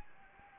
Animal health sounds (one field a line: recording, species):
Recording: mosquito wingbeat signal from an infrared sensor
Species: Anopheles gambiae